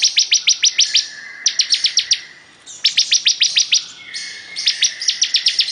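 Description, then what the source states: Bar-winged prinia song: rapid bursts of sharp, high chipping notes, about six to eight per burst, separated by short pauses. Singing vigorously ('gacor').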